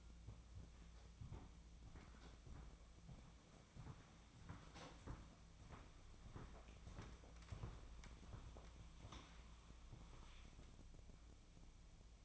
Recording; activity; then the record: daily activity, microphone in the room; walk to room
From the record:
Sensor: 1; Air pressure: 1000.0 hPa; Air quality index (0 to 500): 130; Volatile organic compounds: 2 ppm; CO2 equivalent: 1234 ppm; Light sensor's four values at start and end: 39/98/41/51 and 36/92/38/47